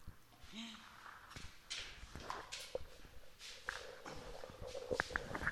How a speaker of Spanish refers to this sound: corriendo de un lado al otro del aula, por eso hay unos silencios, porque es el tiempo en que se recorre una punta a la